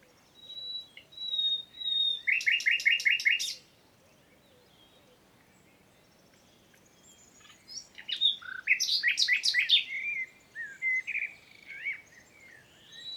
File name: Luscinia megarhynchos